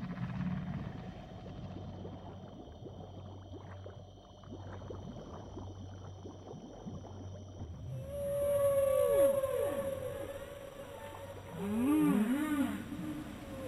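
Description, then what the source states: Whale sounds: low rumbling water noise at first, then loud tonal whistles sweeping steeply downward and short wavering moans in the second half. Recorded in the ocean.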